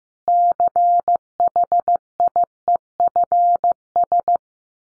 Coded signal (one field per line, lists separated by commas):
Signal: Morse code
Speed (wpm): 15 wpm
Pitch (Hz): 700 Hz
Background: none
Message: CHIEFS